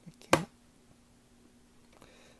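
While a plastic transforming robot toy figure is handled, its waist piece, which had not been pushed all the way up, snaps into place with a single loud, sharp snap at 0.3 s, just after a few faint handling taps. Quiet handling noise and a low steady hum follow, with another faint tap near 2.0 s.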